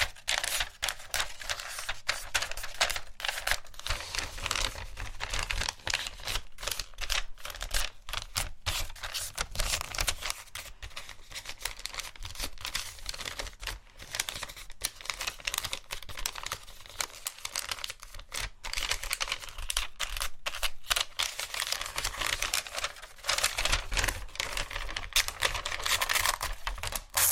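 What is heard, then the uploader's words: Bright tapping and clicking ASMR triggers patter rapidly and almost without pause, like fast typing, over a faint low hum. ASMR Assortment Of Relaxing RED Triggers.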